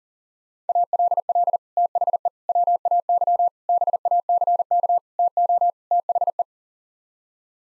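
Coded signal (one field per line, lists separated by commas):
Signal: Morse code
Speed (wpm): 40 wpm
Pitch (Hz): 700 Hz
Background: none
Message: ALL THE WAY BACK TO THE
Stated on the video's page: Morse code head-copy drill at 40 wpm, sending common English six-word groups, each sent, spoken, then sent again.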